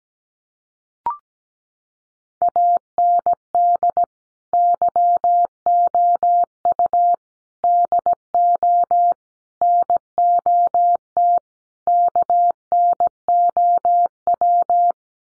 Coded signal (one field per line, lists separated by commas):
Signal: Morse code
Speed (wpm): 17 wpm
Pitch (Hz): 700 Hz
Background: none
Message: AND YOU DO NOT KNOW